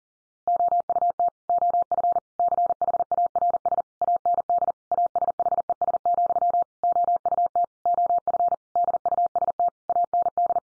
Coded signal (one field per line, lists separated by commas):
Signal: Morse code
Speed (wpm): 40 wpm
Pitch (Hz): 700 Hz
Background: none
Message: OUT OF CHARS AND ASHES, OUT OF DUST AND